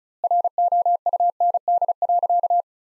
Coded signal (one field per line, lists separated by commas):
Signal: Morse code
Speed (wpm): 34 wpm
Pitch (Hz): 700 Hz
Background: none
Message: ROUND.